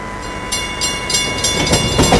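A train rolls along the rails with a steady, rhythmic clatter of wheels over track joints, building slightly in loudness under a constant mechanical hum, with no voices.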